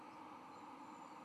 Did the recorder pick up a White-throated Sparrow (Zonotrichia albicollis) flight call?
no